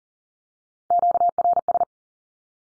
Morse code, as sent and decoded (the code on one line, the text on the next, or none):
--.- .-. ...
QRS